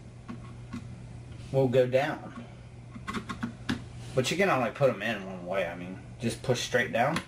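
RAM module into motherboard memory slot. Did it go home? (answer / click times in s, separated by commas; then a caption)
no / none. A DDR4 memory module is handled over a motherboard DIMM slot, ready to be pushed straight down until the retaining clips snap. Someone talks throughout, with a few light handling ticks around 0.7 s and 3.3–3.7 s. The module has not seated or clicked into the slot yet.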